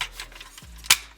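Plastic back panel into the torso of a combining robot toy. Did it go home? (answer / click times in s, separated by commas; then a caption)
yes / 0.9 s. The plastic back section of the torso of a Transformers Revenge of the Fallen Supreme Class Devastator combining robot toy is brought around and pressed into place, with faint plastic rubbing and light ticks of handling. It snaps in with a sharp, bright click at 0.9 s that fades quickly, and the panel is seated.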